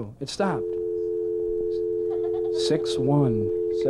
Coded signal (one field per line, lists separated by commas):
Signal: telephone call progress tone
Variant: North America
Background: speech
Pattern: dial tone